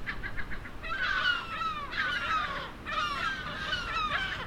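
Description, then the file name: Gulls calling: several overlapping harsh cries sliding downward, in a few bursts, with faint quick notes at the start and a low background rumble. "STC moewen"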